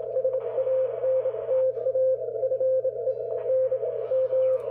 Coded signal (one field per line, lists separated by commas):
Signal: Morse code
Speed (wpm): 26 wpm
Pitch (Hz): 530 Hz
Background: radio noise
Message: SANTA FE N M